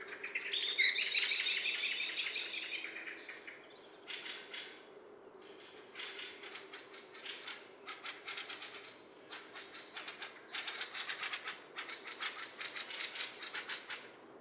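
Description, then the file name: Eurasian blackbird call: a louder burst at the start, then bursts of quick dry chinking clicks in irregular runs. "Turdus merula"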